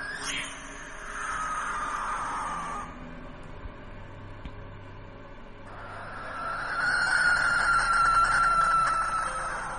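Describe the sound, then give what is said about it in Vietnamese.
A barn owl outside a window screeches twice: a long, harsh, hissing shriek, a pause, then a second, louder raspy scream that holds steady until the end. No one speaks. “Bỗng từ ngoài bên cửa sổ có tiếng con chim cú lợn, nó bay qua.”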